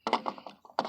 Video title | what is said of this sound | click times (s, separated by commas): how to remove gas cap on a Chrysler | so you turn it until it clicks three times that's tight | 0.1 s, 0.8 s, 0.9 s